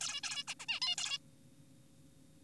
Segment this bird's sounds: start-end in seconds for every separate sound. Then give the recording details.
0.01-0.21, 0.23-0.44, 0.48-0.54, 0.60-0.66, 0.68-0.80, 0.82-0.95, 0.98-1.18. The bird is an adult. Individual g4p5U